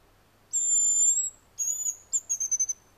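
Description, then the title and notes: Hazel grouse whistle song: a long high, piercing whistle, a shorter whistled note, then a rapid stuttering series of thin, slightly falling notes. "Pyy. Viikon luontoäänen esitteli Juha Laaksonen. Kuva: Juha Laaksonen. Yle"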